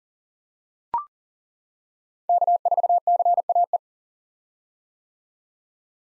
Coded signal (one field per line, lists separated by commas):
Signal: Morse code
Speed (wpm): 37 wpm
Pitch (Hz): 700 Hz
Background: none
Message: K4CAE